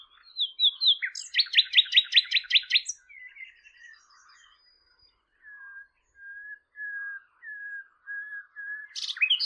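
Bird song: a fast burst of repeated buzzy, stacked notes, then a series of short, clear whistles near one pitch, ending in a sharp high chirp.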